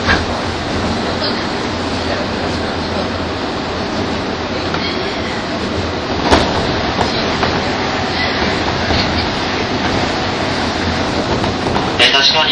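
A train running on the Tokyo to Takao line, its steady dense rumble and low hum holding even throughout. A sharp clack breaks through at about six seconds, with lighter ticks after, and a brief high chime-like tone rises near the end.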